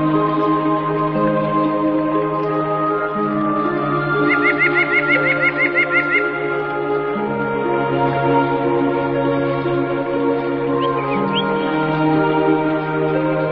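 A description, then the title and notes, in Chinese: Birds call over a bed of water sound and sustained low, tuneful tones that shift pitch slowly every few seconds. A quick, even trill of chirps runs from about 4 to 6 seconds, with a couple of short calls near 11 seconds, over a soft steady hiss. 天籁之音 (鸟叫水声)。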